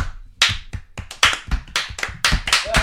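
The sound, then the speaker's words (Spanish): A group claps an 'American applause' together, one person starting and the others following, in a loose rhythmic pattern, about a dozen sharp, loud claps over a few seconds, with no voices in between. “Para esta frase pido un aplauso americano. Empiezo yo y luego me seguís.”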